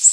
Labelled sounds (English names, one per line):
Golden-winged Warbler flight call